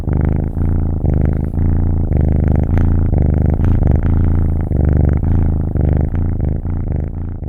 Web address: مجموعه افکت صدا حیوانات SES Animals SFX Kitten Purring